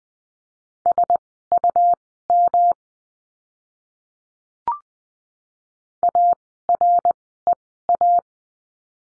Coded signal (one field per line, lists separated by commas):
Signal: Morse code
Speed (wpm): 20 wpm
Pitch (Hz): 700 Hz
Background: none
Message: SUM AREA